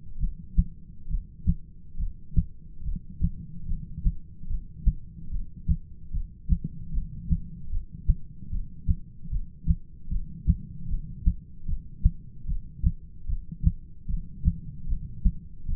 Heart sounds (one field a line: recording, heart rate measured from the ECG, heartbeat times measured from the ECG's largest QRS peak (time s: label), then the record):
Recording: heart sounds by stethoscope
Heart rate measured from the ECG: 74 bpm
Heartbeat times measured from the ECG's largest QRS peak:
0.20 s: heartbeat
1.10 s: heartbeat
1.99 s: heartbeat
2.84 s: heartbeat
3.68 s: heartbeat
4.49 s: heartbeat
5.31 s: heartbeat
6.13 s: heartbeat
6.93 s: heartbeat
7.72 s: heartbeat
8.51 s: heartbeat
9.31 s: heartbeat
10.11 s: heartbeat
10.90 s: heartbeat
11.68 s: heartbeat
12.48 s: heartbeat
13.28 s: heartbeat
14.09 s: heartbeat
14.89 s: heartbeat
15.68 s: heartbeat
From the record:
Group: heart failure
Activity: rest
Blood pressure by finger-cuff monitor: 132/93 mmHg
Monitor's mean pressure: 109 mmHg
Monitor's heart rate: 74 bpm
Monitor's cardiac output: 7.3 L/min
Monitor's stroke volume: 98 mL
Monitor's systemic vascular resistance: 1110 dyn s/cm5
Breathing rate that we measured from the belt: 16 breaths a minute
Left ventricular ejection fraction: 25%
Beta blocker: metoprolol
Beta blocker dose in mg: 62.5 twice daily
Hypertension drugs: ramipril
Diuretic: furosemide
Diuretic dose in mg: 40 twice daily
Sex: male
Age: 57 years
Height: 180 cm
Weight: 90.5 kg